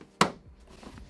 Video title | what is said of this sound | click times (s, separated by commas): LG 50" NANO756PB 2021 Unboxing, Setup and 4K HDR Demos Nanocell 756PB | clicks into place | 0.2 s